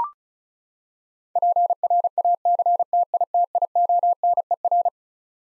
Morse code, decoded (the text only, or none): PRACTITIONER